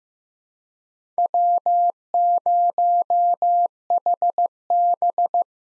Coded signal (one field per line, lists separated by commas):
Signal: Morse code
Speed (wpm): 15 wpm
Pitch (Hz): 700 Hz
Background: none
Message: W0HB